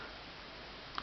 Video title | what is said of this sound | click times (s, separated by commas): HOW TO ATTACH THERABAND TO THE POUCHES AND THE CATAPULT / SLINGSHOT | back for the string the same method as on the pouch listen for the little click | 1.0 s